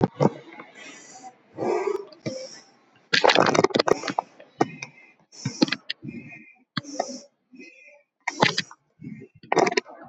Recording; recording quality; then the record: shallow breathing; moderate, slight background noise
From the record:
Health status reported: COVID-19 positive, mild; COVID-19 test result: positive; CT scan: not taken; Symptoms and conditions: cold, fever, muscle pain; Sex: female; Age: 19 years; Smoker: no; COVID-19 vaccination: one dose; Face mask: not worn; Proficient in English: yes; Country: India